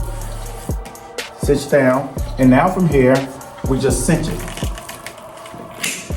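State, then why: Seated. A tourniquet strap is slid in like a belt and cinched down while someone talks. Its plastic tab or buckle snaps into one of the strap holes and locks with a sharp snap at 5.8 s, seating the ratchet.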